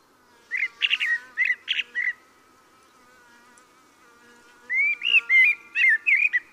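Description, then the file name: Common blackbird song: two phrases of fluted notes and high scratchy twitters, separated by about two and a half seconds of quiet, over a faint steady hum. "Turdus merula"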